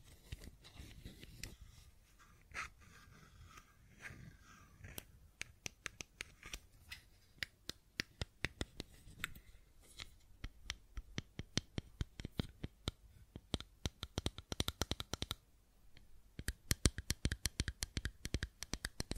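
Fidget cube clicks and taps come as sharp, dry snaps, sparse for the first five seconds and then in quick, uneven bursts. A brief pause falls near fifteen seconds before a dense, louder run of clicks to the end, over a faint low rustle.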